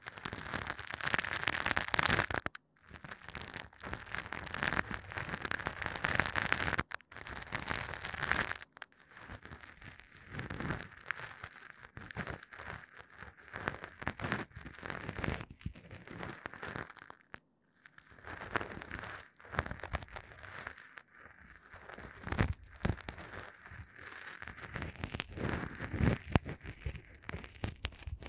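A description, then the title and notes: Dense crackling and scratching of ear cleaning comes in bursts with brief silent gaps, bright and rustling, louder in the opening seconds. Tascam 耳掃除 | Tascam Ear Cleaning | NO Talking.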